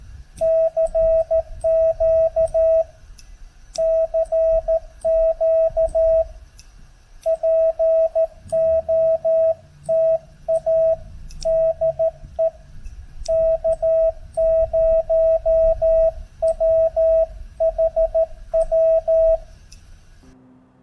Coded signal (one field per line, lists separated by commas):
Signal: Morse code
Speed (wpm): 13 wpm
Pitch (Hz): 650 Hz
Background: radio noise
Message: CQ CQ POTA DE K0WHW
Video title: Ham Radio Shenanigans - POTA - K-2726 - Crowders Mountain State Park, N. Carolina - KO4GAR w/ FT8